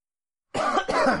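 A brief double cough from an adult man, two rough bursts close together after a moment of silence.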